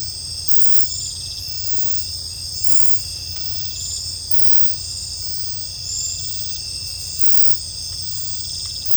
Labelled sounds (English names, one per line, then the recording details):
none
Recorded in secondary vegetation near Puerto Asís, Putumayo, Colombia, on 20 December 2024 at 22:30
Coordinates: 0.499, -76.323
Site G010